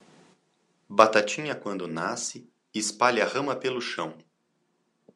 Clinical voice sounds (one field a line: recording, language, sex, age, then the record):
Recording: short text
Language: Brazilian Portuguese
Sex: male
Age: 40 to 49 years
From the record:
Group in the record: control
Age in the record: 42 years